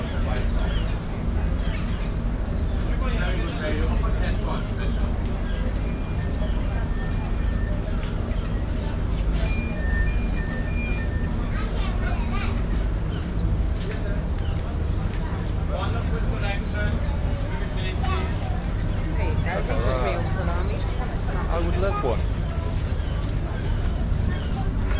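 Busy market crowd with overlapping voices over a steady low rumble, a few short tones near ten seconds, and clearer speech toward the end.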